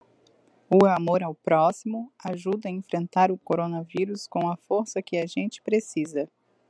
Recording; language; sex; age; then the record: spoken sentence; Brazilian Portuguese; female; 20 to 29 years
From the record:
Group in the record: control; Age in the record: 28 years